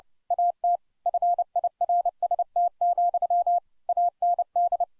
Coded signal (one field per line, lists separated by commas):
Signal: Morse code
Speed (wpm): 29 wpm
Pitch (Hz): 700 Hz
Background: none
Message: AT FIRST, AND